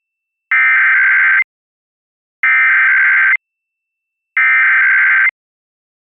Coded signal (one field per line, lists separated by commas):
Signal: Emergency Alert System (SAME) tones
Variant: header bursts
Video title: KSPR-TV Required Monthly Test for Missouri (EAS #554)